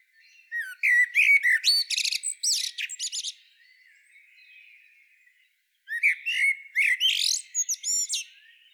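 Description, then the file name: Common blackbird singing two phrases about five seconds apart, mellow warbled notes running into thin, scratchy high twitters, with near silence in the gap. "Turdus merula"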